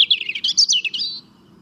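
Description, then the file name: European robin song: a quick, tinkling series of high warbled notes rising and falling, ending with a thin drawn-out whistle. "Erithacus rubecula"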